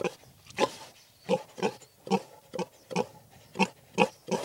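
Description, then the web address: Pig grunts: short, rough grunts repeated in an irregular series. Pigs in a field. "Sound Effects-BBC Pigs"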